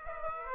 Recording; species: mosquito wingbeat signal from an infrared sensor; Aedes aegypti